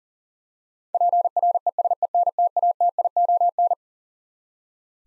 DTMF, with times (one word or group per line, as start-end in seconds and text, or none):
none